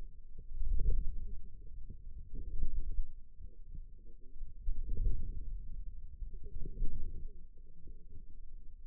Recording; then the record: forearm muscle sounds (acoustic myography)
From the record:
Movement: inward rotation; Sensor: system 2, bracelet of six BSWA MPA416 microphones around the upper forearm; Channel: 3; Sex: female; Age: 21 years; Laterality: right